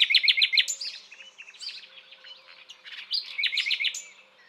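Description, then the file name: Common nightingale song: loud rapid repeated notes opening the phrase, then softer varied chirps and trills, another loud burst of repeated notes near the end. "Luscinia megarhynchos"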